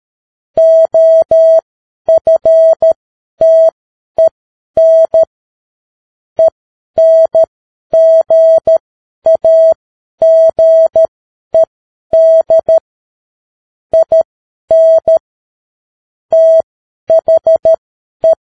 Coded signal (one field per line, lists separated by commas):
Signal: Morse code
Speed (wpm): 13 wpm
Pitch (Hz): 650 Hz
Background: none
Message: OFTEN ENGAGED IN THE